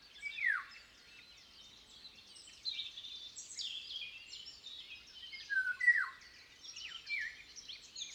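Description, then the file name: Eurasian golden oriole uttering rasping, downward-slurred calls near the start and again later, set against continuous high twittering from other birds. "Oropendola europea Oriolus oriolus"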